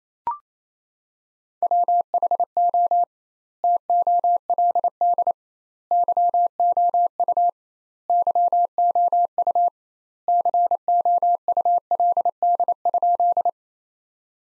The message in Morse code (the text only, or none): WHO TOLD YOU YOU COULD?